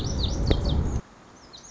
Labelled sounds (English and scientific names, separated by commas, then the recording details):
Lazuli Bunting (Passerina amoena)
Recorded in Sonoma County, California